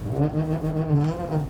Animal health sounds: contact call of a hoofed animal; goat; low-frequency (closed-mouth) or high-frequency (open-mouth) call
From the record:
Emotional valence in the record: positive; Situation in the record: food anticipation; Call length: 1.50 s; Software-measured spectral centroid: 1420 Hz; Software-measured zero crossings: 660 a second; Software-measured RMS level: -24 dBFS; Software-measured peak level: -9 dBFS

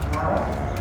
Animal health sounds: contact call of a hoofed animal; cattle; low-frequency (closed-mouth) or high-frequency (open-mouth) call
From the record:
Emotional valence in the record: positive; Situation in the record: visual reunion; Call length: 0.81 s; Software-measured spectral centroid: 1910 Hz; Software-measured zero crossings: 1260 a second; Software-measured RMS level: -24 dBFS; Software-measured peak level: -11 dBFS

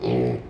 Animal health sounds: contact call of a hoofed animal; pig; closed-mouth grunt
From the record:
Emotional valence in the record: negative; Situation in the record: short social isolation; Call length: 0.50 s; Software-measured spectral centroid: 1150 Hz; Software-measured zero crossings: 840 a second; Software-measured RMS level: -24 dBFS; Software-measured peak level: -12 dBFS

